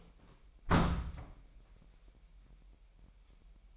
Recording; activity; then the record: daily activity, microphone in the room; close door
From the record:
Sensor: 1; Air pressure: 998.4 hPa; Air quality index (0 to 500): 127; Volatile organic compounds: 3 ppm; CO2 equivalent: 1522 ppm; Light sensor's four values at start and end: 16/47/19/21 and 16/48/20/21